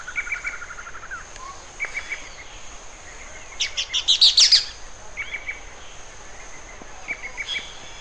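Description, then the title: Bird song: rapid chirped trills, then a loud burst of high buzzy notes in the middle, followed by more brief chirp phrases, over a steady high whine. "LuckyPassaro Completos2Sama"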